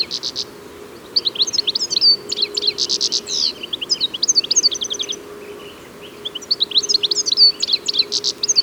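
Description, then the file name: European goldfinch singing in bursts of bright, tinkling twitters mixed with short buzzy rattles, a brief pause near the sixth second, over a faint constant hum. "Carduelis carduelis"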